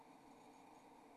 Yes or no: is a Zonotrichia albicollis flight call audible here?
no